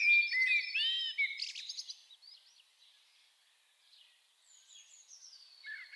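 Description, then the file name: Common blackbird song: a rich fluted phrase with a squeaky flourish, then quieter, thin high notes and a brief lower note at the end. "Turdus merula"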